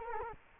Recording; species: mosquito wingbeat signal from an infrared sensor; Culex quinquefasciatus